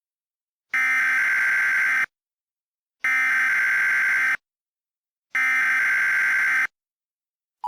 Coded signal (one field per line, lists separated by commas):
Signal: Emergency Alert System (SAME) tones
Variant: header bursts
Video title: EAS Mock 5: The England Broadcast